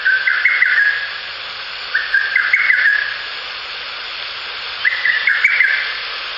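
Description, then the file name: Lesser cuckoo song: three rapid, stuttering whistled phrases, the first two close together and the third after a longer gap, with steady hiss behind. "ホトトギス 遠藤"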